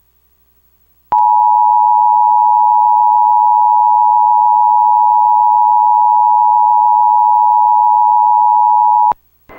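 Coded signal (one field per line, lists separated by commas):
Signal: Emergency Alert System (SAME) tones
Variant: 853 and 960 Hz attention tone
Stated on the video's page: Mock EAS Required Monthly Test tones for Oregon and Washington, simulated, tied to the West Coast Great Shakeout earthquake exercise.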